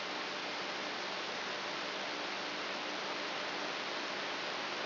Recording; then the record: brain microelectrode recording played as sound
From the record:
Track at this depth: inside the subthalamic nucleus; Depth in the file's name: 5.816 mm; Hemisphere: left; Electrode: 3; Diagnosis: Parkinson's disease